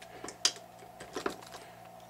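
A tight-fitting plastic part is worked into the bulkhead of a 1/5-scale HPI Baja SS RC car chassis after the bulkhead's two screws are loosened. A few faint clicks are followed by a single sharp, loud snap at 0.5 s as the part seats, then a softer knock around 1.3 s. The part is seated in the bulkhead.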